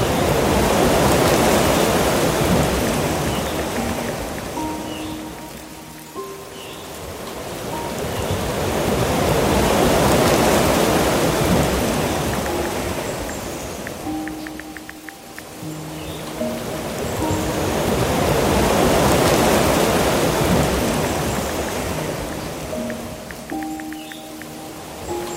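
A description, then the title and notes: Steady rushing water swells and fades in slow waves, louder near 1 and 10 and 19 seconds, while soft held piano notes drift above it. Relaxing Piano Music and the soothing sounds of a Soft Water Stream.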